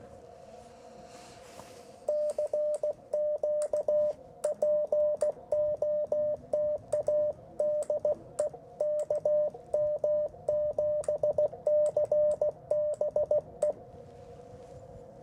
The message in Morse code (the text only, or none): CQ POTA DE KM7CBE